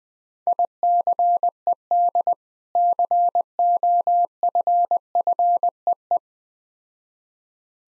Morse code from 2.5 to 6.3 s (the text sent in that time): COFFEE